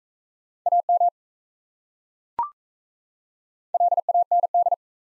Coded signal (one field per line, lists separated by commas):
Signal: Morse code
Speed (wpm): 35 wpm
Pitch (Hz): 700 Hz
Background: none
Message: AM LAND